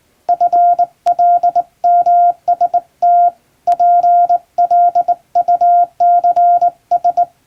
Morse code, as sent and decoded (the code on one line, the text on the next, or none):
..-. .-.. -- ... - / .--. .-.. ..- -.-. ...
FLMST PLUCS